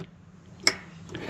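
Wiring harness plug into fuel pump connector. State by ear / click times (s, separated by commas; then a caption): seated / 0.7 s. On a Kawasaki Ultra 310 jet ski, during a fuel filter change, the wiring harness lead plug is pushed into the fuel pump connector. A single sharp click rings out at 0.7 s over a low background hum, with a few faint ticks around it. The plug clicks in and is seated.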